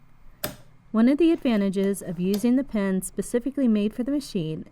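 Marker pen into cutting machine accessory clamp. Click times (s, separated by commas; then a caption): 0.4 s. A plastic pen made for the machine is pushed into the accessory clamp of a Cricut Maker cutting machine and gives one sharp click at 0.4 s, showing it is seated and installed properly. Someone then talks.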